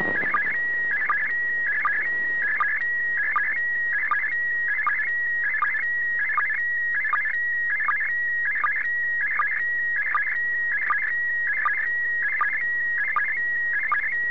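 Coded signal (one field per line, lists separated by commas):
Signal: SSTV (slow-scan television)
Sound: warbling electronic tone sweeping between pitches, with steady clicks about every 0.75 seconds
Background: radio static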